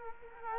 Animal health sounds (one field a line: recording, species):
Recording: mosquito wingbeat signal from an infrared sensor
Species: Culex quinquefasciatus